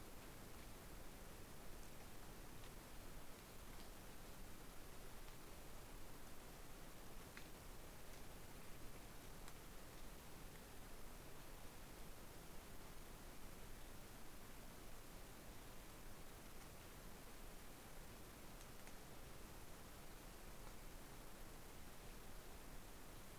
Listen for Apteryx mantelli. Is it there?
no